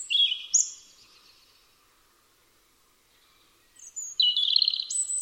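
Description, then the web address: European robin song: a phrase fading out at the start, a silent gap of a few seconds, then a new burst of high, jumping, trilled notes. "Deverinetal 2025 File origin Bird Only Er Ru"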